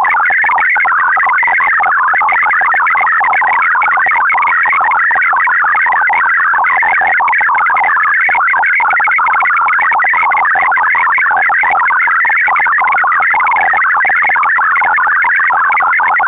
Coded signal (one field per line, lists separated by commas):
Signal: multi-tone FSK (Olivia or MFSK type)